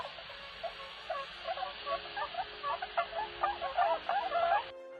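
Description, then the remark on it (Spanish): A swan honks repeatedly in a steady series of short, nasal, mid-pitched calls that grow louder toward the end before stopping abruptly. “Un halcón, una serpiente cascabel y el graznido de un cisne.”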